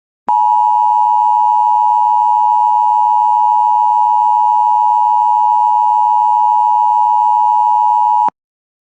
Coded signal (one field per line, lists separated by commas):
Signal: Emergency Alert System (SAME) tones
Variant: 853 and 960 Hz attention tone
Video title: Qurtuple Hearder EAS #222-225 2 Tornado Warnings 1 Flash Flood Warning And Weekly Test On WJON-IP